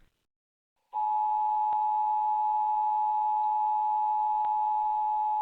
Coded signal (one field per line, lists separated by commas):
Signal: Emergency Alert System (SAME) tones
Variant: 853 and 960 Hz attention tone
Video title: Emergency Alert System - Required Monthly Test for San Francisco Bay Area (4/8/25)